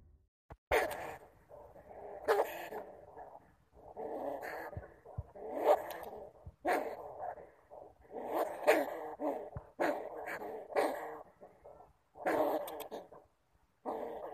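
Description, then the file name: Bamboo rat giving rough, grunting calls in uneven runs of one to two seconds, with sharp clicks and short pauses between bursts. "Tieng dui keu"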